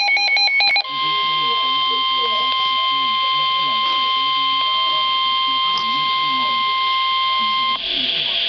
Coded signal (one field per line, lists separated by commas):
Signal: Emergency Alert System (SAME) tones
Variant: 1050 Hz attention tone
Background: speech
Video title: EAS Alert #13 - Severe Thunderstorm Warning 5/28/12